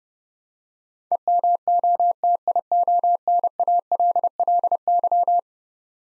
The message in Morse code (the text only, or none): EMOTIONALLY